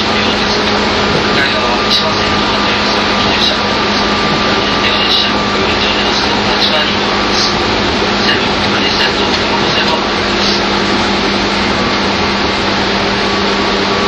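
A train ride from Tokyo to Takao: a steady, dense rumble with a constant low hum and a few fixed whining tones that hold throughout. The level barely changes over the fourteen seconds, with faint murmuring voices and small rattles mixed in.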